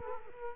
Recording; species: mosquito wingbeat signal from an infrared sensor; Culex quinquefasciatus